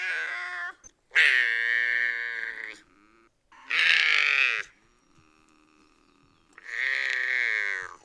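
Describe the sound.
Binturong giving four loud, harmonic wailing calls, the first cut off at the start, separated by pauses, with a faint hum between the calls.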